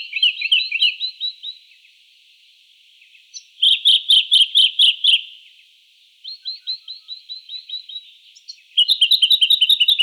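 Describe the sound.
Jacky winter repeating fast runs of high chirped notes, four bursts with short pauses between them.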